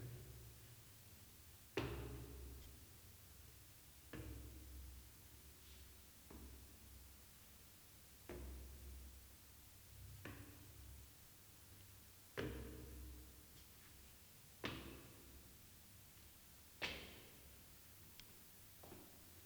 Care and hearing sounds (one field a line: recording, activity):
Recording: daily activity, guitar pickup as the sensor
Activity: go upstairs